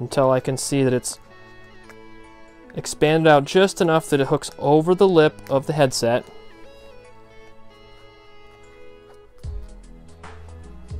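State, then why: Not seated. A gel ear seal is stretched over the lip of an aviation headset ear cup, such as on a David Clark airplane or helicopter headset, and pressed on until it hooks over. Someone talks over background music, followed by quiet handling sounds and a few soft bumps near the end. Nothing has seated or clicked yet.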